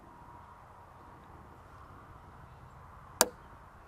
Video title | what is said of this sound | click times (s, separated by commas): What Trap Should I Use For Coyotes? (Trapping for Beginners) | You hear that click? Now I know that trap pan is nice and level below the grade. | 3.2 s